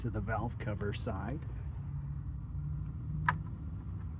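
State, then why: Seated. On a 2024 Silverado 2500 HD 6.6 gas, the quick-connect end of an oil catch can hose, lubricated with Vaseline, is pressed down onto the valve cover port. Someone talks over a low steady rumble, then a single sharp click sounds at 3.3 seconds. The quick-connect is seated on the port.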